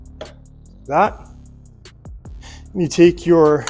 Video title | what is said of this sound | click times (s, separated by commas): Infiniti G37 (Nissan 370z) Battery replacement (2009-2013) | You slide your little fuse box back down until it clicks. Like that. | 0.2 s